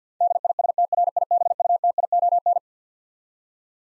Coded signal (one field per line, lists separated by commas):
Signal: Morse code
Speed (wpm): 50 wpm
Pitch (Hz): 700 Hz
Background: none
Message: DISTRIBUTION